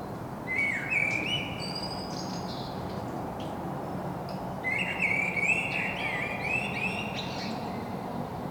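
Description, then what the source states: Common blackbird song, two mellow warbled phrases each closing in a thin high twitter, against a constant low hum. Singing in Saint-Gilles, Belgium; recorded with a Sony PCM-M10 internal microphone.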